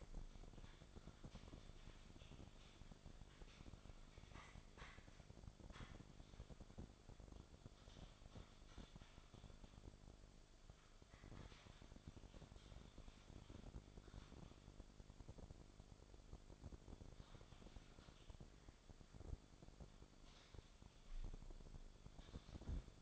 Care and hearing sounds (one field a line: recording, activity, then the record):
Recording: daily activity, microphone in the room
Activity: typing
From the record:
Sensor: 5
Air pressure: 1004.6 hPa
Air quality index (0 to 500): 168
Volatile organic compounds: 4 ppm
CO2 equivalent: 1578 ppm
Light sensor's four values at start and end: 18/43/17/15 and 18/43/17/16